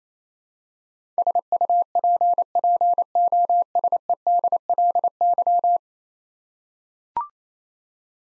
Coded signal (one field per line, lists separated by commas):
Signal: Morse code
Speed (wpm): 27 wpm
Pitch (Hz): 700 Hz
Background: none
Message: SUPPOSEDLY